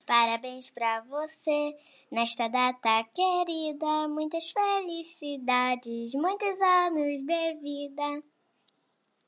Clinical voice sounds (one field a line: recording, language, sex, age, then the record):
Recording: short text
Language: Brazilian Portuguese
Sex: female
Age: 30 to 39 years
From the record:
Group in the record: control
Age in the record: 36 years